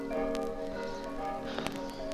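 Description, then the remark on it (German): Church bells ring in a steady, overlapping wash of resonant metallic tones, with a few sharper strikes standing out above the continuous humming peal. “Mit dem Glockengebammel sollten Sie endlich aufhören.”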